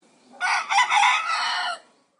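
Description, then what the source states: Chicken crowing: one hoarse, raspy crow of about one and a half seconds, broken into a few parts, in quiet surroundings. Young rooster.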